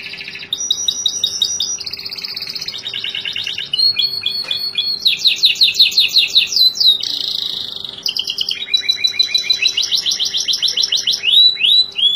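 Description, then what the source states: Atlantic canary song, a long flowing sequence of fast high trills and buzzy rolls, shifting pitch between phrases, with a steady faint low tone in the background. Kenari (canary) in the 'kalitan' style, titled 'gaya gela gelo'.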